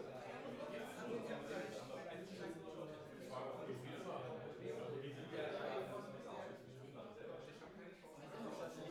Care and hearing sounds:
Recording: everyday scene through a hearing-aid microphone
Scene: many people talking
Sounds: many voices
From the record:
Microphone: behind the ear, left, front

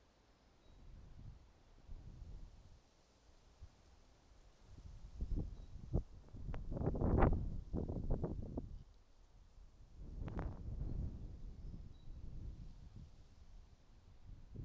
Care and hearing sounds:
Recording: everyday scene through a hearing-aid microphone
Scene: wind on the microphone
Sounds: wind, traffic, birds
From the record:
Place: suburban garden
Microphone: in the ear canal, right

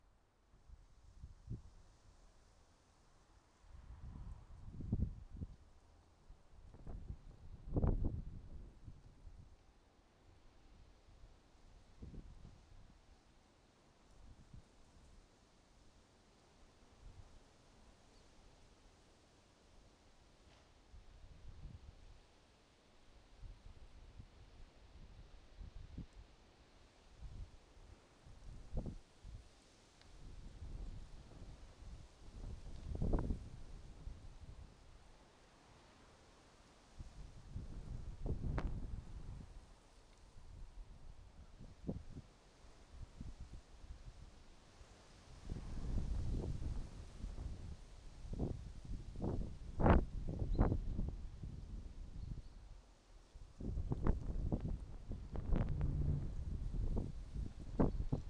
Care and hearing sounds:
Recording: everyday scene through a hearing-aid microphone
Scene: wind on the microphone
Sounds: wind, traffic, birds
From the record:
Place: suburban garden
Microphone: in the ear canal, right

